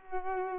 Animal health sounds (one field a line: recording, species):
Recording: mosquito wingbeat signal from an infrared sensor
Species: Culex pipiens